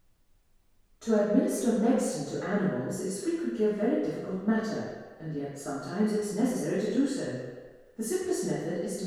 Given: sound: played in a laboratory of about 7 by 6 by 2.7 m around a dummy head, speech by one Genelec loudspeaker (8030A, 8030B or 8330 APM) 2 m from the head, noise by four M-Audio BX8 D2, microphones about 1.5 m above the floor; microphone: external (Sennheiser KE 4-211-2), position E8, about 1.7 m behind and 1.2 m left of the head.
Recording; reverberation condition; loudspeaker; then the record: female speech in English; high; 150 degrees to the right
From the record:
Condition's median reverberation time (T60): about 1300 ms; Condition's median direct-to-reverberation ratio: about -4.0 dB